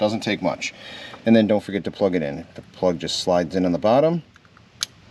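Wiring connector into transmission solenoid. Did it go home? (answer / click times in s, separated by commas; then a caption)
yes / 4.8 s. Someone talks while an electrical plug is slid onto the bottom of a Chrysler/Dodge 6-speed transmission pressure solenoid, part of a fix for the transmission jerking when slowing down. A sharp click at 4.8 s marks the connector latching and seating into the solenoid.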